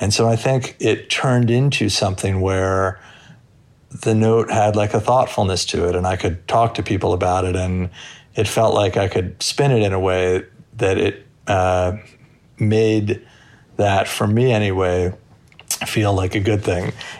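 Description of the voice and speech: A man speaks in a low, steady voice at a measured pace. Phrases break with several stretched sounds and silent mid-phrase stops, especially near the end, where short words come out between long pauses. This fits a mild adult stutter with prolongations and blocks.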